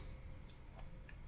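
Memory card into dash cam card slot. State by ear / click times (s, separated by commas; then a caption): seated / 0.5 s. A microSD card is pushed with a fingernail into the side slot of a Vhedia Dash Cam X2 (USB version), label facing up, until it latches. A sharp click at 0.5 s marks the card seating, followed by a softer tick near 1.1 s over a low background hum. The card is clipped in and secured in the slot.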